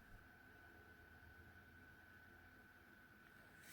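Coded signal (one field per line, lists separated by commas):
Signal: PSK31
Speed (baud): 31.25 baud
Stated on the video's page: Digital-mode amateur radio operated portable with outdoor equipment while camping.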